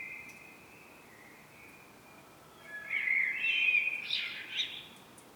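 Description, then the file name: Common blackbird song, a faint fluty note, a quiet gap, then one loud mellow phrase that finishes in high scratchy twittering. "Turdus merula"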